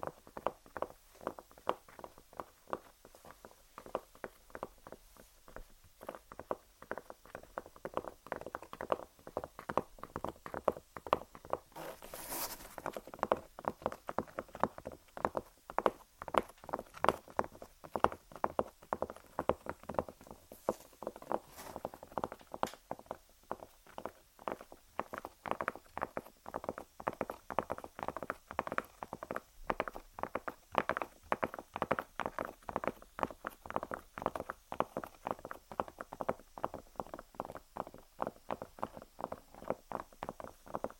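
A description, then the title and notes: Fingernails tap rapidly and steadily on hard objects in dense clicky bursts that barely pause over the whole stretch. The taps are crisp and mid-to-bright, speeding into tighter runs later on, with a brief scratchy swish around twelve seconds. ASMR Tapping On Random Objects. (Long Nails).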